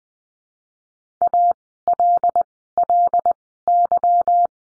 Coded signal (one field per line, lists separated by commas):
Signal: Morse code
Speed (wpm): 20 wpm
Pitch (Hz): 700 Hz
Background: none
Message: ALLY